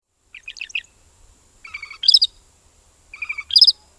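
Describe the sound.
Northern Shrike calling: tight clusters of high, sharp chirps and buzzy notes in three bursts roughly every 1.5 seconds, over a faint low rumble.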